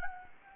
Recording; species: mosquito wingbeat signal from an infrared sensor; Anopheles gambiae